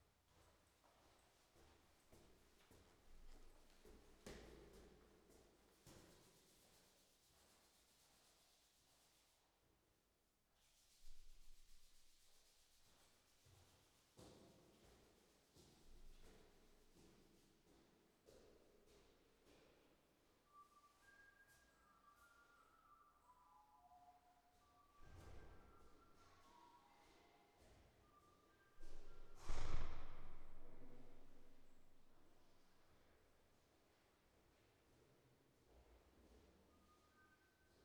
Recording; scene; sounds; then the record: everyday scene through a hearing-aid microphone; reverberant space; background noise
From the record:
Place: staircase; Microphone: behind the ear, right, rear